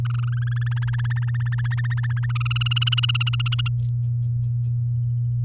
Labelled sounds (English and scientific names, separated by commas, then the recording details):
Domestic Canary (Serinus canaria) song
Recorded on 9 May 2018 at 05:59
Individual llb16